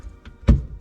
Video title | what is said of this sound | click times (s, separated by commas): Is a $100 Apple CarPlay Mirror Worth It? | than doing the same on the other side nice little click | 0.5 s